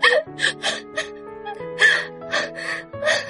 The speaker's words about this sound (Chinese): 半晌，琳琅的哭声弱下来了，又抽泣了一会儿